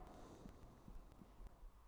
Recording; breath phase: one breath near a microphone; inhalation